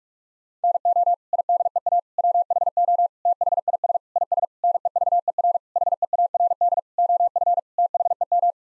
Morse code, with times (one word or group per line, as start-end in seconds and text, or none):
0.6-1.1 NO
1.3-2.0 IDEA
2.2-3.1 WHO
3.3-4.0 THIS
4.2-4.4 IS
4.6-5.6 NEVER
5.8-6.8 HEARD
7.0-7.6 OF
7.8-8.5 THEM